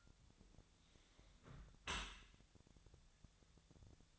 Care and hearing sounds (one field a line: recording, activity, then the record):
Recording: daily activity, microphone in the room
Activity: close dishwasher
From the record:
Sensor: 3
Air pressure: 1006.7 hPa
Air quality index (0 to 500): 207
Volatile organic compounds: 19 ppm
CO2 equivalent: 2642 ppm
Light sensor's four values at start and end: 11/26/11/11 and 11/26/11/11